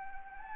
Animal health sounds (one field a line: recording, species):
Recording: mosquito wingbeat signal from an infrared sensor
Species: Anopheles gambiae